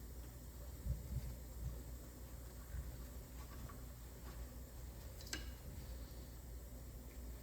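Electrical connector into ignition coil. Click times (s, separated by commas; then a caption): 5.3 s. An electrical plug is pushed back onto the ignition coil of a 2008 Ford Focus during valve cover gasket reassembly, after the area is cleaned. Against steady low background noise with a few soft low thumps early on, a single sharp click at 5.3 s marks the connector clipping into place and seating.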